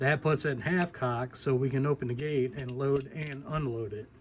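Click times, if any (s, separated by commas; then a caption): none. Someone talks while handling a Cimarron Pistoleer revolver with a three-click action, its hammer at the first notch, the half-cock position that lets the loading gate open for loading and unloading. The hammer is being drawn back slowly toward its second cocking notch, but nothing has clicked into place yet.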